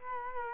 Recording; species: mosquito wingbeat signal from an infrared sensor; Culex quinquefasciatus